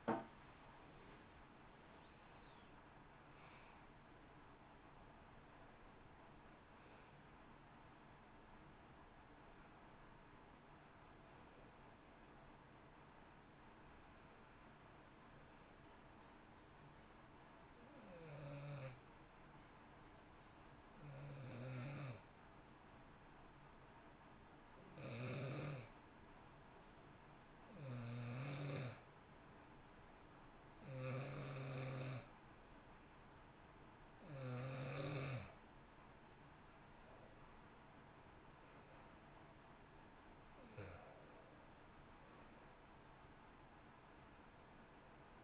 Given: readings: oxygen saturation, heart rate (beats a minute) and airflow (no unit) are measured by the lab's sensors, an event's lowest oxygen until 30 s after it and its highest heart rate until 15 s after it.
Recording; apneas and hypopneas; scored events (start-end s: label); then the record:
breathing in sleep by a voice recorder at the bedside; 1
15.00-34.30 s: hypopnea (N1, oxygen 95% highest, then 90% lowest, heart rate 59 at the start, 66 highest)
19.00-45.44 s: new sleep stage, N2 (light sleep)
From the record:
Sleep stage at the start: N1 (lightest sleep); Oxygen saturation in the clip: 90 to 95%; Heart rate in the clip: 58 to 66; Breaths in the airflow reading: 13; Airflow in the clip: -7.2 to 6.4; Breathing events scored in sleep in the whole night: 328 in 6.3 hours asleep